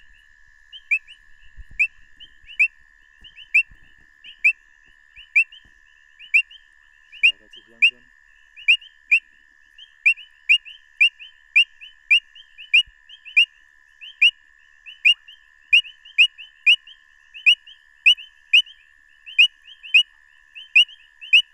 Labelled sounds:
Painted Reed Frog call
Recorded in the wild
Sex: male
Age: adult
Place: Marepsig, ZA
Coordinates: -24.5, 30.85
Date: 1996-02-01 21:28
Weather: 23,6°C
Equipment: Sony TCD-D3, Sennheiser ME 80, K 30 AV
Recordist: Gutsche, Alexander

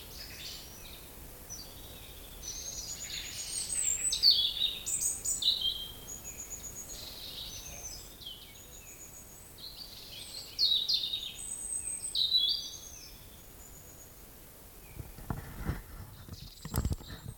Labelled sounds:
European Robin
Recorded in the wild
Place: Groß Schönebeck, Schorfheide, Brandenburg, DE
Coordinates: 52.9, 13.53
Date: 1996-04-07 19:29
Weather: heiter, 15°C, z.T. windig
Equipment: Nagra SN, Sennheiser MKH 416 T, Kopie Uher 4000 Report Monitor
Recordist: Tembrock, Günter

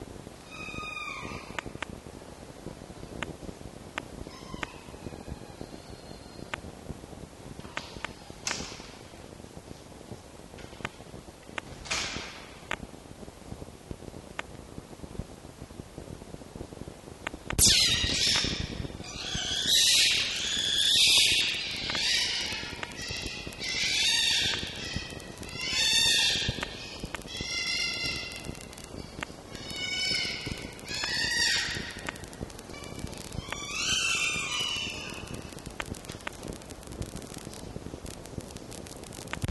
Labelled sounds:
Red Fox
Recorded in captivity
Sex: female
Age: adult
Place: Zoologisches Institut der HUB, Berlin, DE
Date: 1954-06-05
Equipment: Elmetra
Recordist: Tembrock, Günter

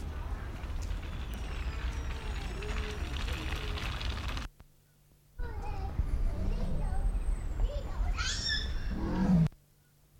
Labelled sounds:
Leopard
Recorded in captivity
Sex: male
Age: adult
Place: Zoo Berlin, Berlin, DE
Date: 1993-03-06 12:34
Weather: 3-6 °C, heiter bis wolkig
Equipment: Marantz CP 430, Sennheiser ME 80, Kopie Uher Variocord 263
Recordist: Tembrock, Günter

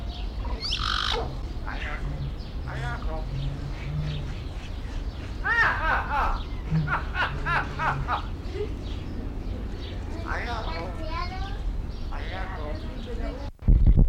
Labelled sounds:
Common Hill Myna
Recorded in captivity
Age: adult
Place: Zoo Berlin, Berlin, DE
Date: 1994-04-16 12:00
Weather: heiter, 7-12°C
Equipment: Marantz CP 430, Sennheiser ME 80, Kopie Uher Variocord 263
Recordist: Tembrock, Günter

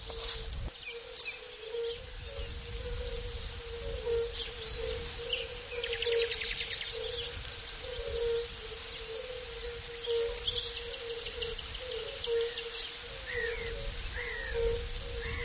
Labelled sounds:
Common Nightingale song
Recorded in the wild
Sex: male
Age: adult
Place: Linum, Brandenburg, DE
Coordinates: 52.765, 12.87
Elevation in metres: 35
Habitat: ponds
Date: 1999-04-25 14:51
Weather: partly sunny, ca. 17°C
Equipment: Sony MD-WM MZ-R3, Sennheiser MKH 416 T, Kopie Uher 4000 Report Monitor
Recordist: Tembrock, Günter

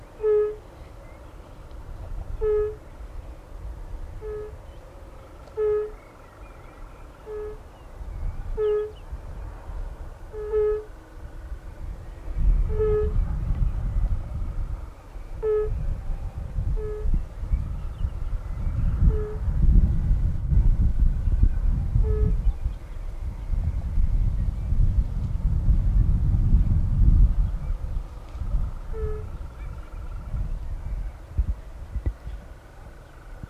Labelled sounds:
Fire-Bellied Toad call
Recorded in the wild
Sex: male
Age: adult
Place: Falkenberger Rieselfelder, Barnim, Berlin, DE
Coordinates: 52.5839, 13.5542
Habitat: pond
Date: 1991-05-10 17:30
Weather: sonnig bis leicht bewölkt; Wasser: 18°C; Luft: 21°C; schwach windig
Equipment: Uher 4400 Report Stereo IC, RFT DM 2415
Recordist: Lindner, Uwe

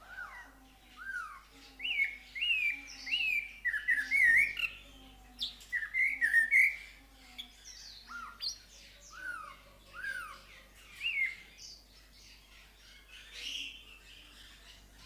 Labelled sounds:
Snowy-crowned Robin-Chat song
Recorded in captivity
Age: adult
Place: Zoo Berlin, Berlin, DE
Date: 1997-11-22 11:18
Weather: overcast, ca.1°C
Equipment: Nagra SN, Kopie Uher 4000 Report Monitor
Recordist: Tembrock, Günter
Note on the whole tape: Gesang, Entfernung ca. 5 m

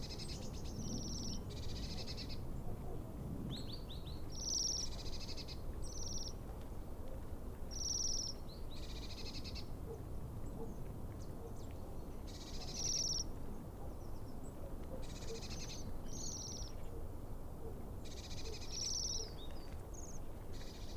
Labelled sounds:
Bohemian Waxwing call
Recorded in the wild
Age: adult
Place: Bernau bei Berlin, Forst Bernau, Brandenburg, DE
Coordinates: 52.6975, 13.5211
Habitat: forest
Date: 2007-02-18 15:48
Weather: fair, 7-8°C
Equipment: Sound Devices 702, Sennheiser MKH 70, Windkorb
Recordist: Frommolt, Karl-Heinz
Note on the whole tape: Rieselfläche bei Bernau Waldfrieden: Rufe eines Trupps von 8 Seidenschwänzen. Entfernung 15 m. Tiere gesehen

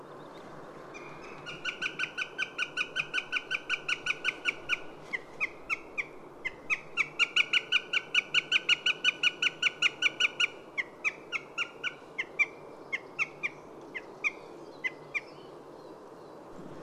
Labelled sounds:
Eurasian Jay call
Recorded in the wild
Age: adult
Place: Schönow, Naturpark Barnim, Brandenburg, DE
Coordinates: 52.6858, 13.5347
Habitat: forest
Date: 2005-03-28
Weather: fair, ca. 3 - 4°C, weak winds
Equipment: Tascam DA-P1, Telinga Pro 5
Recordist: Frommolt, Karl-Heinz

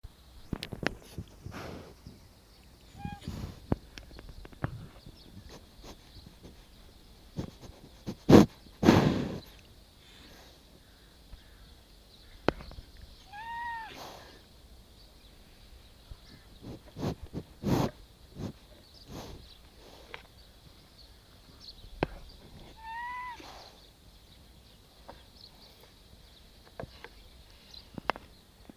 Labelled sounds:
Wapiti
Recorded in captivity
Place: Tierpark Berlin, Berlin, DE
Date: 1968-01-27 10:00
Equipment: R.20/1, Sennheiser MD 421
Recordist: Tembrock, Günter

